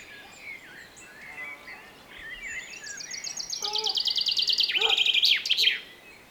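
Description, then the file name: Common chaffinch song: a fast, accelerating series of bright chipping notes that speeds into a trill and ends in a sharp flourish, after softer chirps. Recorded 24 August 2024. "Fringilla coelebs 240824"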